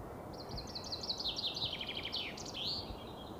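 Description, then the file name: Chaffinch song: a bright rattling series of falling notes running into a short terminal flourish, with a soft steady hiss behind. "Fringilla coelebs"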